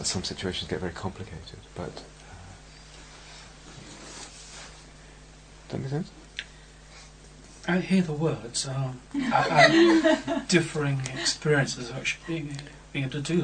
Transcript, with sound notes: some situations get very complicated, but... Does that make sense?
I hear the words. [laughter] I have differing experiences of actually being able to do that.